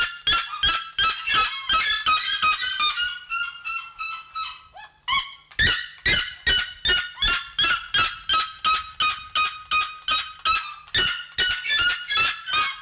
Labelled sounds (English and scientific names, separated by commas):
Red-legged Seriema (Cariama cristata) call